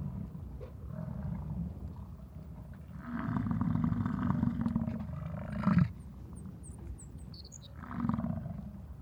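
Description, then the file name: American bison rut roars, a long throaty bellow lasting about two seconds and a shorter one later, with thin high bird chirps between them. In Yellowstone during the rut. "YELL-Bison Rut-Jennifer Jerrett"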